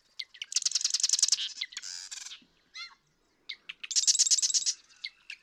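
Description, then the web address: Marsh Wren song: rapid gurgling rattles and a buzzy burst, a few slurred notes between, then another fast stuttering trill. "birdsongforthecurious Marsh Wren"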